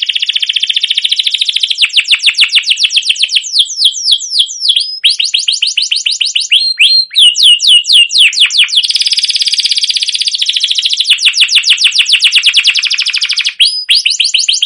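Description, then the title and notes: Canary song of fast rolling trills and repeated downslurred high notes, shifting between buzzy tours and clear whistled phrases without pause. Domestic canary singing a long continuous rolling song (ngerol, gacor panjang), used as a lure to train other canaries. "CUIT CUIT NGEROL LANGSUNG GACOR PANJANG Kenari Ini AMPUH Utk Pancingan KENARI PAUD BELAJAR BUNYI. burung kenari"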